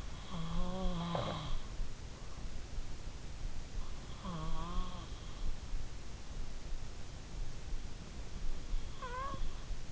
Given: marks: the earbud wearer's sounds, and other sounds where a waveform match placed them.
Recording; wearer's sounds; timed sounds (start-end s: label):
sounds in sleep by an in-ear microphone; snoring breath
0.00-2.17 s: snoring breath
3.99-5.34 s: snoring breath
8.45-9.80 s: snoring breath